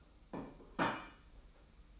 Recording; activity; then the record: daily activity, microphone in the room; place plate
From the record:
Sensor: 1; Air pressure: 991.8 hPa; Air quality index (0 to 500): 165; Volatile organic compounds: 1000 ppm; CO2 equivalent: 6205 ppm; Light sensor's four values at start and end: 29/98/38/38 and 28/97/38/38